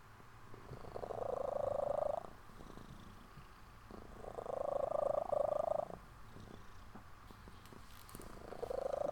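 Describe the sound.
Cat: kitten purring in pulsing bursts of about two seconds, three rounds with quiet gaps between them.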